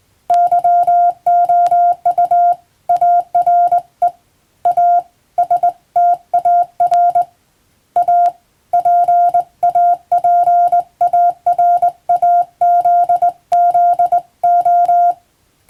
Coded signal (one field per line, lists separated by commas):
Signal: Morse code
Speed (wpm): 20 wpm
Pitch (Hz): 700 Hz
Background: none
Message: YOU ARE A STAR A PAPARAZZO